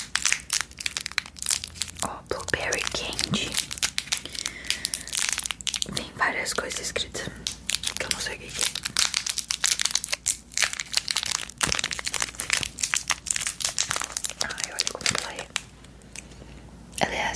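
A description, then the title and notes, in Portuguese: Someone tries Asian snacks, with constant crinkling and crumpling of plastic wrappers that turn into tearing bursts. The rustling is dense and bright, with sharp crackles every second or so and soft, quiet speech mixed in underneath. ASMR provando comidinhas asiáticas.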